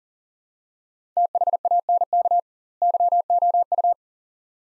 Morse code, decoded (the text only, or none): THANK YOU